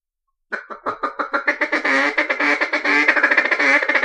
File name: Mallard